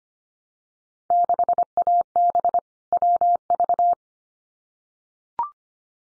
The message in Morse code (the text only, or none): 6AB WV